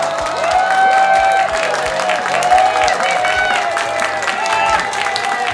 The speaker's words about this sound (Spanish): para quienes les damos un gran aplauso.